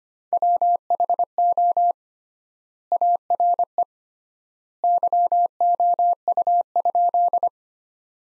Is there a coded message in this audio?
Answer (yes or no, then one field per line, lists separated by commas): yes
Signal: Morse code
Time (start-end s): 0.3-7.5 s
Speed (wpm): 25 wpm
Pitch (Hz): 700 Hz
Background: none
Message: WHO ARE YOU?